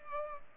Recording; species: mosquito wingbeat signal from an infrared sensor; Culex pipiens